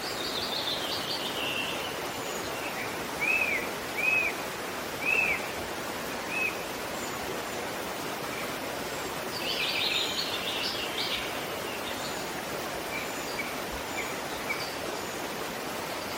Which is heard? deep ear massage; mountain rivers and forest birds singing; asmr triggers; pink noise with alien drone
mountain rivers and forest birds singing